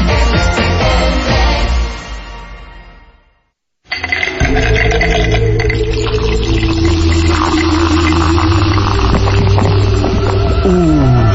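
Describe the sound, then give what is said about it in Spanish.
A cold Canada Dry ginger ale is opened and poured, with a rush of bubbly hiss that fades to a short silence, then steady, loud fizzing over a low humming drone. “Si disfrutaste con tan solo escuchar el sonido de una Canada Dry bien fría, imagínate lo que sentirás cuando la pruebes.”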